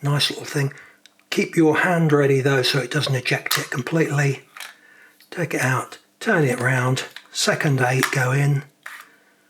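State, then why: Seated. Someone talks while a rotary pellet magazine is taken out of a Gamo PT-85 CO2 pellet pistol, turned around, and pushed back in. A sharp click at 8.9 s marks the magazine seating fully home in the pistol.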